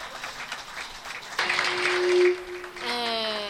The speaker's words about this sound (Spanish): Ella es una compañerita que viene de Izquierda Democrática Popular. Y bueno, brindémosles un fuerte aplauso, por favor.